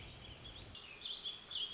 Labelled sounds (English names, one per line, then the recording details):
Warbling Vireo
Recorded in Sonoma County, California